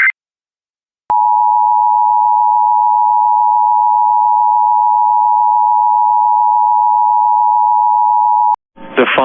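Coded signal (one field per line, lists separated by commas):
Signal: Emergency Alert System (SAME) tones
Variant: 853 and 960 Hz attention tone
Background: speech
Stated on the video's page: Statewide AMBER Alert child abduction emergency relayed over NOAA Weather Radio in Arkansas.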